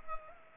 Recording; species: mosquito wingbeat signal from an infrared sensor; Culex pipiens